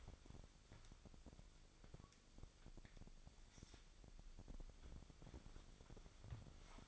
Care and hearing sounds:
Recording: daily activity, microphone in the room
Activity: wipe stove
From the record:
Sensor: 5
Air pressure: 1001.7 hPa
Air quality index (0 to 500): 175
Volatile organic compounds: 10 ppm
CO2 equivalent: 2243 ppm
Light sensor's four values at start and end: 23/79/29/30 and 22/78/29/30

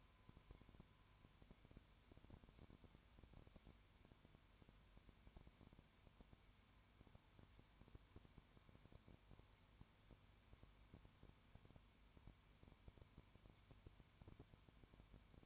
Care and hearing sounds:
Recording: daily activity, microphone in the room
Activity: no activity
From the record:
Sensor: 2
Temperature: 20.0 degrees Celsius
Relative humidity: 32.1%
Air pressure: 1001.1 hPa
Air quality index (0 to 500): 54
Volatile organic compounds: 1 ppm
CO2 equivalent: 601 ppm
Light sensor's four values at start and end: 2/3/2/2 and 2/3/2/2

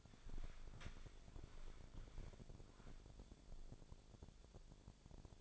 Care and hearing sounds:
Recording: daily activity, microphone in the room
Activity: walk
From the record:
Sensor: 5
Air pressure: 1000.6 hPa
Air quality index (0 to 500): 140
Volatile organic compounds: 2 ppm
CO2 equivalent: 1090 ppm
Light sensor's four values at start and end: 47/110/46/48 and 47/109/45/48

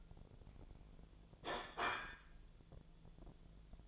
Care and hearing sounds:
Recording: daily activity, microphone in the room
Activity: place plate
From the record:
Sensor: 5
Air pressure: 1009.4 hPa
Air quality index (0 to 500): 168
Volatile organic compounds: 4 ppm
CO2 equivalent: 1624 ppm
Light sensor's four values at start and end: 98/261/106/113 and 98/261/106/113

